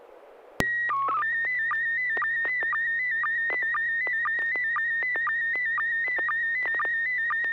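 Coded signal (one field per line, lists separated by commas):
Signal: SSTV (slow-scan television)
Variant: PD 120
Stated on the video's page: Weekly amateur SSTV net on a 441.300 MHz FM repeater, images exchanged using MMSSTV software.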